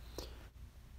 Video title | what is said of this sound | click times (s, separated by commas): How To Replace A Water Pump And Thermostat On A Chevy 2500hd With 8.1l Engine | I plugged the bottom one in first so you just line it up and push it on - you hear it kind of click into place now | 0.2 s